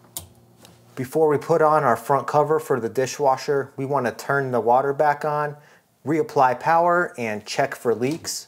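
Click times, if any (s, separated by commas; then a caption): 0.2 s. An electrical connector is pushed onto the terminals of a dishwasher's water inlet valve and snaps into place with a sharp click at 0.2 s, followed by a faint tap. Someone then talks.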